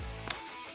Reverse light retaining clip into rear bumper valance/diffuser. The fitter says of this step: snap it all the way in, make sure you're seating it all the way in, you'll hear that click.